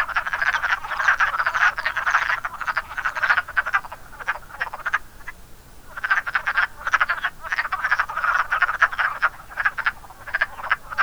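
Wood frogs calling in a dense chorus of quacking, clucking croaks, bursts of rapid pulses overlapping almost continuously, with a short lull near the middle.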